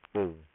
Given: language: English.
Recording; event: throat vibration sensor signal played as sound; speech